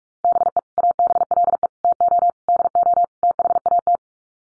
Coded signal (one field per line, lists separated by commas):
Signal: Morse code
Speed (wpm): 44 wpm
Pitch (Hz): 700 Hz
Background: none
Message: BE ABLE TO DO THAT